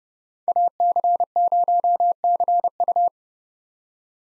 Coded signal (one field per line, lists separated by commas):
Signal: Morse code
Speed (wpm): 31 wpm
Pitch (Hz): 700 Hz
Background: none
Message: AC0CU